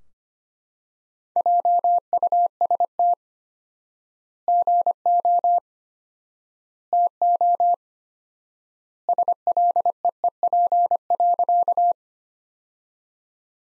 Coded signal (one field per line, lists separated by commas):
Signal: Morse code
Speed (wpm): 25 wpm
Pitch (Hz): 700 Hz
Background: none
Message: JUST GO TO SLEEP.